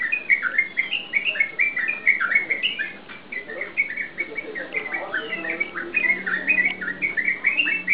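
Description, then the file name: Yellow-vented bulbul giving rapid bubbly chattering phrases of short warbled notes, nearly continuous for eight seconds, with a brief lull near the middle. Song in ropel style. "suara burung trucukan suara ropel"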